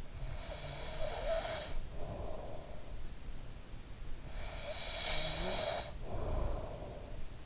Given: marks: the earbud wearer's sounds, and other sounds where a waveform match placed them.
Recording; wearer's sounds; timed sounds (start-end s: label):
sounds in sleep by an in-ear microphone; breath
0.20-3.01 s: breath
3.98-7.46 s: breath